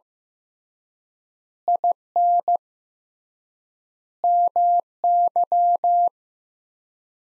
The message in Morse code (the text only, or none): IN MY